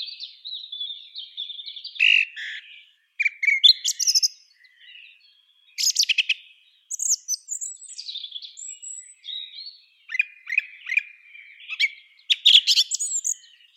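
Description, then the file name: Song thrush singing a dense run of varied phrases, whistled notes mixed with scratchy, buzzy and high squeaky bits, with only brief gaps between them. "pevchij drozd turdus philomelos"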